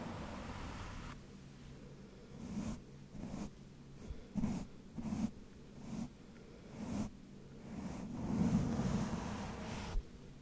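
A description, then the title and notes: Brushing with no talking: scratchy scrubbing strokes come in bursts roughly once or twice a second over a low, steady rumble. The strokes grow heavier and denser around eight to nine seconds, and a sharp tap lands near the end. ASMR no talking just Brushing. Mit Pinseln und einem Mikro.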